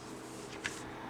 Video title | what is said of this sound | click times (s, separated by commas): 590块竟能反杀MP44！变形金刚SS86擎天柱 | 腰部90度拉下来就可以直接锁住了。 | 0.7 s